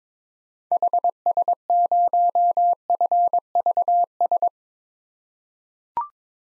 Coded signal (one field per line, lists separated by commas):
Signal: Morse code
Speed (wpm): 22 wpm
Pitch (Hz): 700 Hz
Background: none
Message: HS0FVS